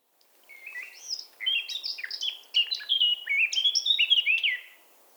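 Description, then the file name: Eurasian blackcap warbling a rapid, varied run of chattering and fluty high notes that grows louder, lasting about four seconds before fading. "Sylvia atricapilla"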